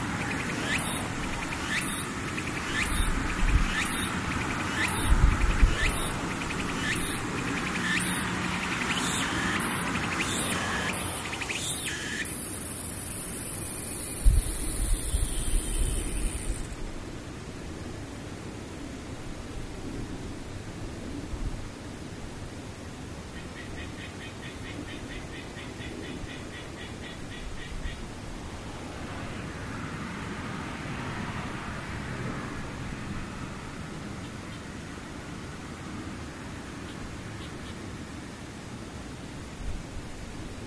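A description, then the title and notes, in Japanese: A tsukutsuku-boshi cicada sings a bright, rhythmic phrase that pulses about once a second for the first twelve seconds, then turns into a dense, shrill buzz that ends around seventeen seconds. Afterward only a low steady rumble remains, with a faint high rattle near 25 seconds. 環境音パック926 ツクツクホーシ。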